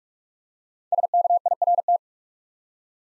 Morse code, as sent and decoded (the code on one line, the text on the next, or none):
... -.- .. .-. -
SKIRT